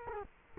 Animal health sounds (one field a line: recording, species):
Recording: mosquito wingbeat signal from an infrared sensor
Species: Culex quinquefasciatus